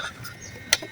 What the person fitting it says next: nakabit na siya.